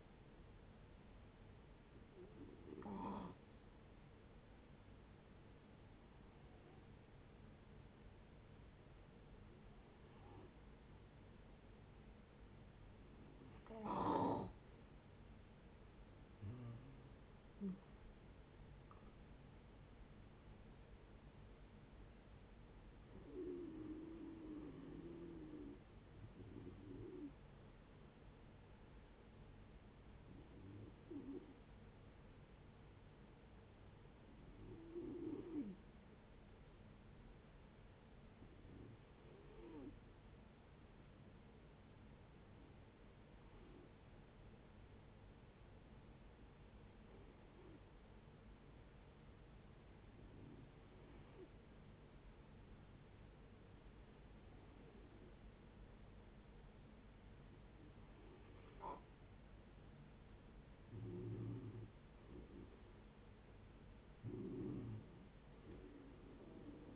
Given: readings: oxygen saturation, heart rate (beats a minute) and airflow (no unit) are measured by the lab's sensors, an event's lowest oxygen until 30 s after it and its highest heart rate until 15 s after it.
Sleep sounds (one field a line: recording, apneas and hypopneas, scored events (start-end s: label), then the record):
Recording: breathing in sleep by a voice recorder at the bedside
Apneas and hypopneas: 2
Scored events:
4.00-17.80 s: hypopnea (N2, oxygen 91% highest, then 87% lowest, heart rate 68 at the start, 80 highest)
31.00-61.00 s: new sleep stage, N1 (lightest sleep)
32.00-59.90 s: hypopnea (N1, oxygen 96% highest, then 88% lowest, heart rate 61 at the start, 71 highest)
61.00-66.96 s: new sleep stage, N2 (light sleep)
From the record:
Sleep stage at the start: N2 (light sleep)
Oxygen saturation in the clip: 87 to 96%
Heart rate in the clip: 59 to 80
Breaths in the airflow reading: 18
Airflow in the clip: -14.7 to 12.2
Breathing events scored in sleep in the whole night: 496 in 5.4 hours asleep